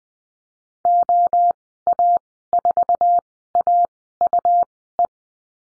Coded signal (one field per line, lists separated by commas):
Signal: Morse code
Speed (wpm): 20 wpm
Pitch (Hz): 700 Hz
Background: none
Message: OA4AUE